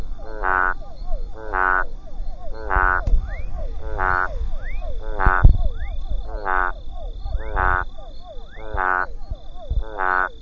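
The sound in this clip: Physalaemus centralis calling: stacked harmonic notes roughly once a second, with short rising whistles between them, over a steady high-pitched tone.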